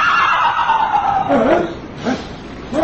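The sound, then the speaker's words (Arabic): A loud, quavering horse whinny slides downward in pitch for about a second, followed by a few short bursts of shouting voices. In a Sinbad radio drama, the 'sea horse' appears on an island, and men cry out to attack it with swords and spears. “الحصان! الحصان! حصان البحر!”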